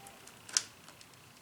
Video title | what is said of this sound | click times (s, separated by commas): "GOOD DEEDS" BUILD #1 | probably didn't hear it, but it clicked. It clicked in place. | 0.6 s